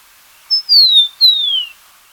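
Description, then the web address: Rufous-collared sparrow song: a short high note, then two clear whistles sliding gently downward, the second ending in a slight fall, over a quiet background. Ecuador. "Birds of Ecuador. Rufous-Collared Sparrow"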